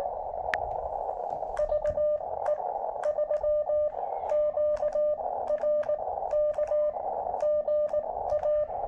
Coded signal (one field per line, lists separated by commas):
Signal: Morse code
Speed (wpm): 18 wpm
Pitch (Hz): 590 Hz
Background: radio noise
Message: VE3QRK GA